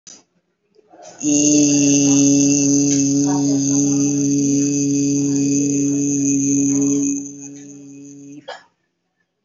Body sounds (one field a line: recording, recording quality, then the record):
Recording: sustained vowel as in beet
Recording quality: excellent, no background noise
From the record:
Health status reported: healthy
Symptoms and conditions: none ticked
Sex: male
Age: 22 years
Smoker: not ticked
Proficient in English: yes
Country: India